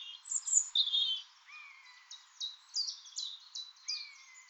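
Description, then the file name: European robin singing a high twittering phrase, then a series of short repeated notes interrupted by two long, thin whistles. "Erithacus rubecula"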